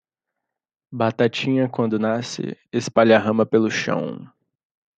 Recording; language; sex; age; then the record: short text; Brazilian Portuguese; male; 20 to 29 years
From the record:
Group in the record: control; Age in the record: 22 years